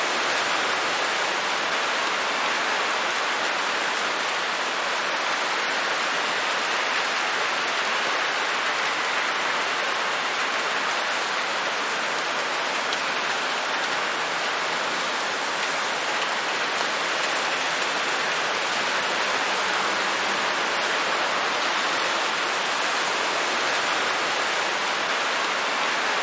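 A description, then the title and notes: Steady, dense rain hisses evenly throughout, bright, with a constant patter on a surface and no other sounds emerging. Rainfall Serenity: Embrace Tranquility with Soothing Rain Noise Sounds.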